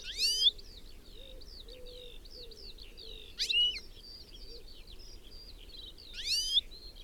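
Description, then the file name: European goldfinch: loud, harmonic-rich bursts about every three seconds over continuous high twittering. "Carduelis carduelis"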